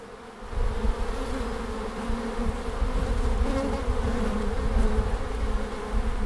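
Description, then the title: Bees droning continuously, several hums wavering slightly in pitch over a strong low rumble. Bees at the end of March in Langel, Cologne, Germany. "Langel, Köln, Deutschland - Bienen Ende März. Bees at the end of march"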